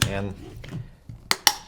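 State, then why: Seated. A battery is dropped into the battery compartment of a Planet Eclipse Etha 2 paintball marker, positive side facing the correct way, and pushed down as someone talks. Two sharp clicks are heard at 1.3 s and 1.5 s as it seats into place.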